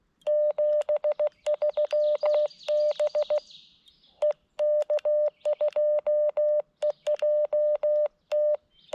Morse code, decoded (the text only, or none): 73 BE K2EJT